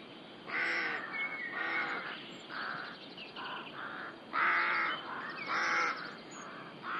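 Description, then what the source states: Busy rook chorus, harsh caws tumbling over one another in uneven bursts, with faint high chirps in the background. Rookery in the UK.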